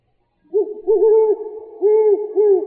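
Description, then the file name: Great horned owl hoots: a short hoot, a longer drawn-out hoot, then two more hoots, all deep and soft. Recorded in Arizona on 23 September 2007. "GHOW 5 deviche"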